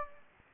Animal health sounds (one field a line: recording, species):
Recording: mosquito wingbeat signal from an infrared sensor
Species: Anopheles gambiae